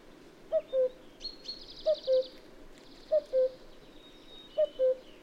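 Cuckoo calling cu-coo four times, each pair of notes dropping in pitch, with thin high buzzy notes from another bird between.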